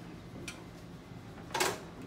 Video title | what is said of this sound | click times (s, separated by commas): Cockpit Slide out seat lock | Okay, did you hear the click? | 1.5 s